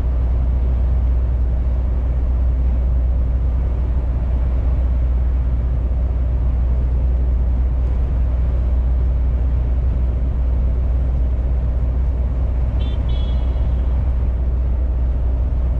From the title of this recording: truck driver sound